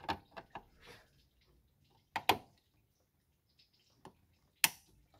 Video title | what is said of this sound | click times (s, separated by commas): Chevy Silverado L83 Gen V Afm DOD Delete -- Step by Step | we go you heard it click and lock in place slide | 4.6 s